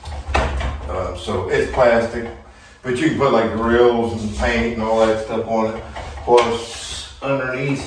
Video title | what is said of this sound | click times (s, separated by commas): Building a new kitchen -- installing drywall | but this one comes with a little tray that pops out, clicks into place. | 0.3 s